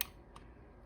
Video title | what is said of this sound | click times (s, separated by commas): LTA 380 E200 Error | really should be to verify that this right cable is plugged in and that's easy enough to unplug it and plug it back in and wait for the click | 0.0 s